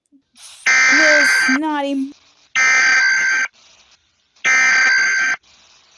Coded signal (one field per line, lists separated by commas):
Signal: Emergency Alert System (SAME) tones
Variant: header bursts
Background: speech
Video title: EAS scenario: Selever.exe